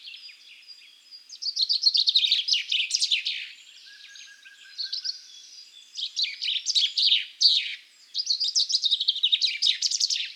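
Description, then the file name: Common chaffinch delivering fast trilled, high-pitched phrases in several bursts, with a faint lower whistle briefly heard in a gap. "Fringilla coelebs"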